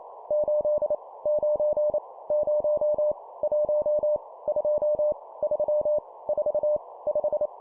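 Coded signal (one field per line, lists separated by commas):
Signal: Morse code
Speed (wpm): 28 wpm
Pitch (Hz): 600 Hz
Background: none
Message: 8 9 0 1 2 3 4 5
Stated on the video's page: Morse code practice sending numbers at 25 wpm.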